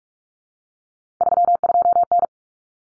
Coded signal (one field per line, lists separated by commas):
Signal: Morse code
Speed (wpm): 44 wpm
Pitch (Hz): 700 Hz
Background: none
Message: 32N